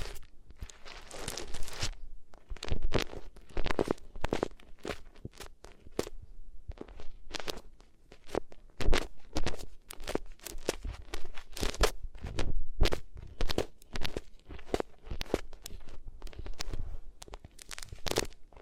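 Rubbing sounds on different materials fill the stretch, a dense run of short scratchy crunches and crinkles with sharp bright edges. The strokes come fast and uneven, several each second, in bursts separated by brief quieter gaps, with a soft low thump under some of them.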